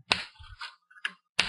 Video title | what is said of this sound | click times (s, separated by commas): Lenovo Z560 Laptop Screen Replacement Procedure | and snap it off if a place you gets stuck | 0.1 s, 1.1 s, 1.4 s